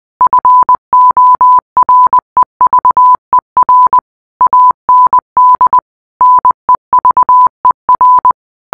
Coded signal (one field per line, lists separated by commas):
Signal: Morse code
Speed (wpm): 20 wpm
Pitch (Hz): 1000 Hz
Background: none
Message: FOREVER AND NEVER